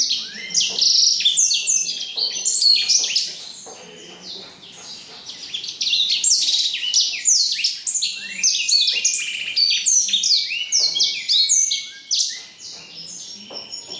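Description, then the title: Black-throated canary delivering a long, lively song of rapid high whistles and descending slurs, with short breaks near four and twelve seconds. From Jombang. "Burung blackthroat Istimewa dari Jombang"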